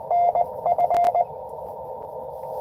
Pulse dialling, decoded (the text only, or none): none